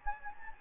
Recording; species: mosquito wingbeat signal from an infrared sensor; Anopheles gambiae